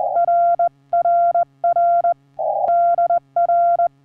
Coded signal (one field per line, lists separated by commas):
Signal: Morse code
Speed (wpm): 15 wpm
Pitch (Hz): 690 Hz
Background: none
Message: RRR DR